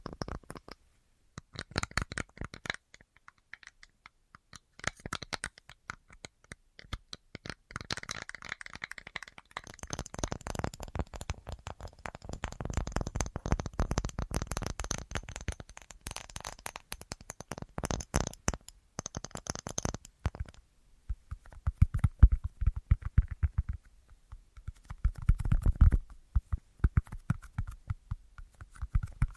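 An assortment of tapping: quick, dense clicks and knocks run through most of the 29 seconds, busiest between about 10 and 20 seconds with a faint thin ringing above them. Later the taps thin out into sparser, duller knocks, with a few heavier hits near 26 seconds.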